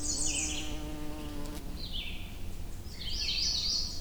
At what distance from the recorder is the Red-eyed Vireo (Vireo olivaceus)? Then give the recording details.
about 30 m. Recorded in boreal forest in Alberta, Canada, on 21 June 2016 at 06:49. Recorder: SongMeter 3, array SBT-6-81. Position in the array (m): 15 m, 186 m